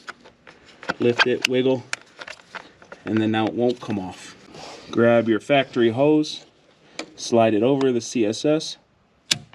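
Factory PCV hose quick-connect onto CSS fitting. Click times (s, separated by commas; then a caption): 9.3 s. A factory plastic PCV hose quick-connect is slid over the CSS fitting of a UPR oil catch can on a 2015-2020 Ford F150 EcoBoost while someone talks, with small handling taps and rubs between the words. At 9.3 s the connector clicks into place, seated on the fitting.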